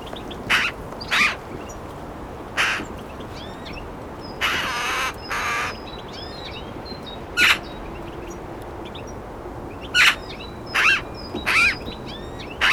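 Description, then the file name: Eurasian magpie giving harsh, rasping chack calls, single and in short chattering bursts, spaced irregularly throughout, with thin chirps from other small birds behind. "Pica pica"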